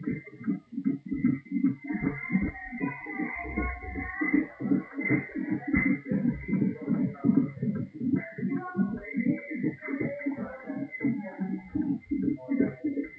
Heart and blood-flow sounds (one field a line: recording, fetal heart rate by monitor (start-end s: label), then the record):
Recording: fetal heart sounds by stethoscope on the mother's abdomen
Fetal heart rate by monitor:
0.00-10.00 s: 163 bpm
From the record:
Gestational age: 41 weeks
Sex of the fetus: girl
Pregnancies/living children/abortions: 3/2/0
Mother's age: 33 years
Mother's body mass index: 27.1